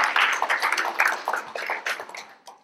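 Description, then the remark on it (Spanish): A church audience claps steadily for the Lord during a sermon, a dense patter of many hands blending into a bright, even roar that thins out and fades away at the end. No one speaks over it. “Denle un aplauso fuerte al Señor ahí para que no se me vaya a dormir ninguno.”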